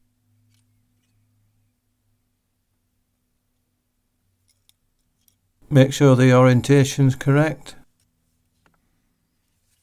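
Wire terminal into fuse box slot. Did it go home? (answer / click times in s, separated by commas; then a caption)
no / none. The prongs of a new crimped metal wire terminal are opened slightly and the terminal is oriented by hand before it goes into an empty slot on the fuse board of a 1999–2007 Mk1 Skoda Fabia, to feed a sat nav. Faint handling ticks come at about 4.7 s and 5.3 s, then someone talks from about 5.6 s to 7.8 s. Nothing has seated or clicked yet.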